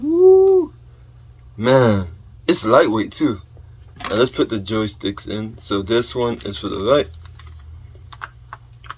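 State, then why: Seated. A right-hand detachable game controller is slid down the side rail of a Nintendo Switch handheld console until it clicks into place. Someone talks for most of the clip, then a few sharp clicks follow, with the lock click at 8.2 seconds. The controller is seated and judged perfect.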